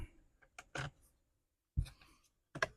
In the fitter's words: Make sure that clicks in place like it's supposed to.